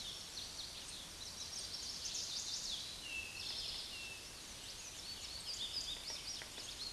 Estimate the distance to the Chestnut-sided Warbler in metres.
about 35 m